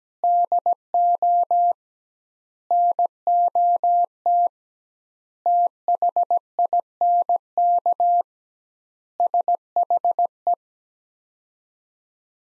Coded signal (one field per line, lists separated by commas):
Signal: Morse code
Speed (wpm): 17 wpm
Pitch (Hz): 700 Hz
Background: none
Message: DO NOT THINK SHE